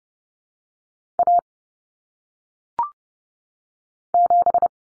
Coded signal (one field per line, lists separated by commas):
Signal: Morse code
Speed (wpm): 30 wpm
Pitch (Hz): 700 Hz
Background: none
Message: A 7